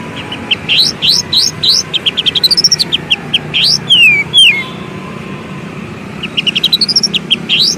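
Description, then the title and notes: Oriental magpie-robin song in clustered phrases of rising whistles and quick chips, two descending slurred notes mid-way, then a pause before a fast repeated series. Long-duration fill-in (isian) song material for training kacer to sing actively (gacor) day and night. "Kacer Jadi Gacor Siang Malam. Isian Kacer Durasi Panjang"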